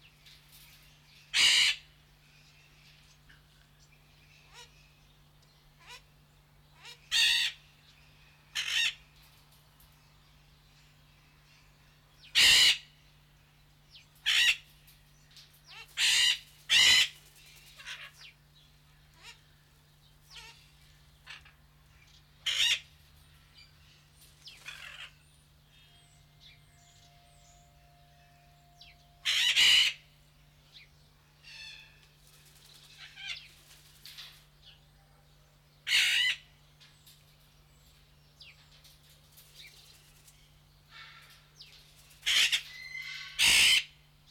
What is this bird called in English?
Golden-collared Macaw